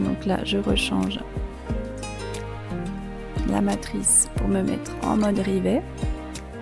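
Someone talks over soft music while the die on a press is switched to rivet mode, ready to press a snap rivet through the thick quilted, lined fabric of a pouch. Nothing has seated or clicked yet by the end of the clip.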